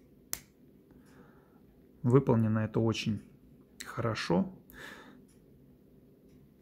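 A stainless steel clasp element on an Ulysse Nardin Classico Dual Time wristwatch strap is opened and releases easily. It gives a sharp, loud click at 0.3 s, the same characteristic click as the part it is compared to. Someone then talks.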